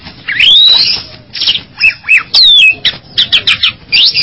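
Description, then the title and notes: Bali myna song with harsh squawks mixed with clear whistled upslurs and short sharp notes, delivered in loud bursts separated by brief gaps. "Jalak Bali. Kicau Burung Jalak"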